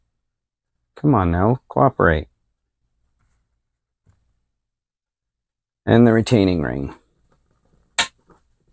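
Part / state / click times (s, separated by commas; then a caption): retaining ring into lawnmower carburetor / seated / 8.0 s. Someone talks while a retaining ring is pressed in over the O-ring on a lawnmower carburetor. A single sharp snap is heard at 8.0 seconds as the ring seats in place.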